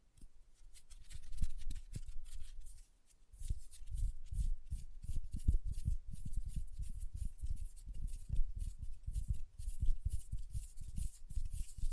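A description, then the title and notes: Hand sounds with nail tapping and lotion rubbing: quick, uneven taps and soft thuds come in dense clusters over a constant crisp, sticky rustle. The activity dips briefly around three seconds, then carries on busily and without a steady rhythm to the end. Hand Sounds, Nail Tapping and Lotion Sounds.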